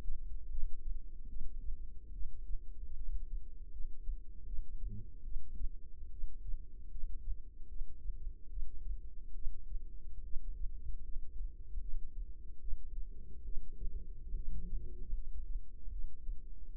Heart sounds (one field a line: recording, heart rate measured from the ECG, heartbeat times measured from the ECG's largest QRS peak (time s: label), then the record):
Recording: heart sounds by microphone in the left ear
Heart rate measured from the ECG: 74 bpm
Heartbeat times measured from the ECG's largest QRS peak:
0.50 s: heartbeat
1.28 s: heartbeat
2.13 s: heartbeat
2.96 s: heartbeat
3.72 s: heartbeat
4.46 s: heartbeat
5.23 s: heartbeat
6.11 s: heartbeat
6.91 s: heartbeat
7.68 s: heartbeat
8.49 s: heartbeat
9.34 s: heartbeat
10.24 s: heartbeat
11.03 s: heartbeat
11.81 s: heartbeat
12.60 s: heartbeat
13.44 s: heartbeat
14.35 s: heartbeat
15.14 s: heartbeat
15.91 s: heartbeat
16.72 s: heartbeat
From the record:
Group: healthy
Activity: rest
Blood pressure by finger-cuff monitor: 137/81 mmHg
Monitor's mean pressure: 99 mmHg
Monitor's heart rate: 74 bpm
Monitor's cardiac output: 6.9 L/min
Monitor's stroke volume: 94 mL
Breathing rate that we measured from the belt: 16 breaths a minute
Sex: female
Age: 22 years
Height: 161 cm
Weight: 65.5 kg